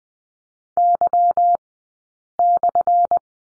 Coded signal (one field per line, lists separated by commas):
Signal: Morse code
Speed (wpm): 20 wpm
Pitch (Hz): 700 Hz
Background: none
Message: Y/